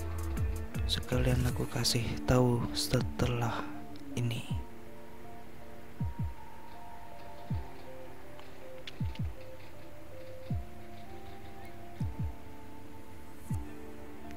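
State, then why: Not seated. A Brica B-PRO5 AE3S grey action camera is handled near its helmet mount while someone talks over music with rhythmic plucked notes and scattered short taps. The camera is not yet pushed home, and nothing has clicked or seated yet.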